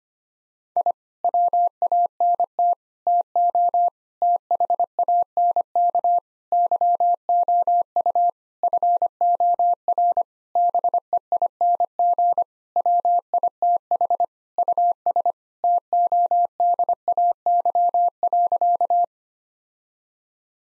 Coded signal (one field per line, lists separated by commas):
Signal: Morse code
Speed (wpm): 25 wpm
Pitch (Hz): 700 Hz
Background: none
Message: I WANT TO THANK YOU FOR BEING WITH US TODAY.